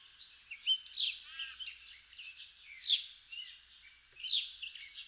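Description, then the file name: House sparrow chirping, a few louder harsh chirp bursts with softer twitters in between. "Passer domesticus"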